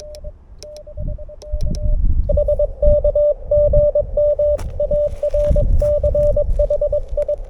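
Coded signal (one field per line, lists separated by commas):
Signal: Morse code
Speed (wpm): 22 wpm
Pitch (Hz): 590 Hz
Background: radio noise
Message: SK GM ARCHI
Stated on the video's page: CW contact made on a recently assembled end-fed half-wave antenna bought on AliExpress.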